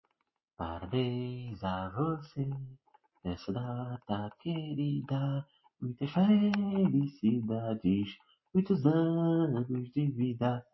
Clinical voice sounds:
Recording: short text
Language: Brazilian Portuguese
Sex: male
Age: 30 to 39 years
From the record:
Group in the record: control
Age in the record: 37 years

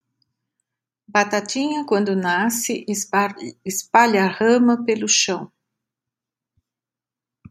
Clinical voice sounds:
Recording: short text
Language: Brazilian Portuguese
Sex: female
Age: 60 to 69 years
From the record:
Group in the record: control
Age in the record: 67 years

